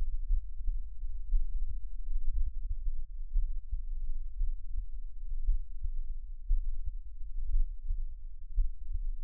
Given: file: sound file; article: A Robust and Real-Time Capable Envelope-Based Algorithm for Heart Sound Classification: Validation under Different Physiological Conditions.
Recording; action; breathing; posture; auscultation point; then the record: heart sounds by electronic stethoscope; rest; normal; lying on back; Erb’s point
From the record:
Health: healthy, no known heart disease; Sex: male